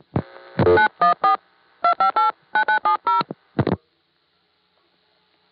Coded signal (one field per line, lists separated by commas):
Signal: DTMF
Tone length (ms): 120 ms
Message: 914 2589970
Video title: Warwick and the 914 Area of NY, pgm. 5: More Warwick Phreaking (1975-76)